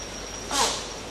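A single short, sharp, hissing burst about half a second in, lasting about a quarter second and followed by a faint squeaky tone, over a low steady background hiss. It is an animal sneeze from a woolly spider monkey.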